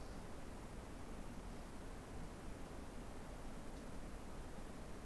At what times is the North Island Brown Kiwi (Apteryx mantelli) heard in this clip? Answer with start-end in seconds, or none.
none